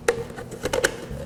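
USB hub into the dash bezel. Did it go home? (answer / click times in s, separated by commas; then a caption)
no / none. A new replacement USB hub for a 2015-2020 Ford Edge Sync 3 to Sync 4 upgrade is handled and pressed toward the plastic center console bezel, which it fits only one way. Sharp handling taps and clacks are heard at about 0.1, 0.7 and 0.9 seconds. Nothing has seated or clicked yet.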